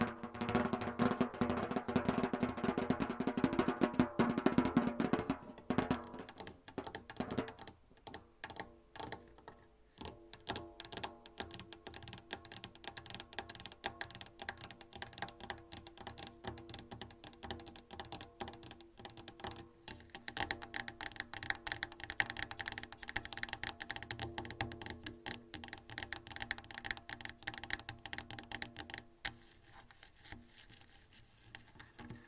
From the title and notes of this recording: ASMR Sleep Triggers - Brain Melting Scratching , Tapping , Massage Long Nails No Talking.